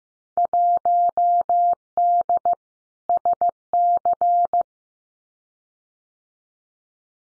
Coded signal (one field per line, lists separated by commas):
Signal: Morse code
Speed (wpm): 15 wpm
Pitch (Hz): 700 Hz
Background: none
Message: 1D SC